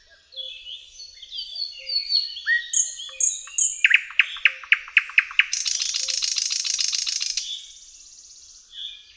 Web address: Tajemnice puszczy Slowik szary